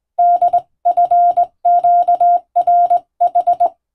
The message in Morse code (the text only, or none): DFQRH